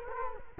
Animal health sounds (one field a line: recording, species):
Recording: mosquito wingbeat signal from an infrared sensor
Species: Culex quinquefasciatus